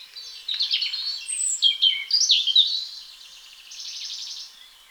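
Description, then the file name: European robin delivering a quick, liquid warbling phrase of high, thin whistles and short trills, ending in a soft, rapid trill. "Erithacus rubecula"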